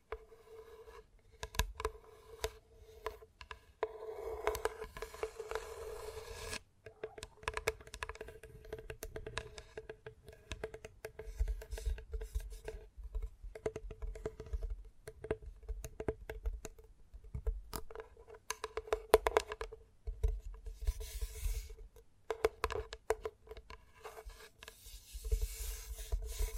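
Gentle tapping with fingertips in quick, irregular bursts of soft clicks and light taps, rising and falling in density throughout. A low hum and a faint steady tone sit underneath, with brief soft rustling swells near five seconds and after twenty.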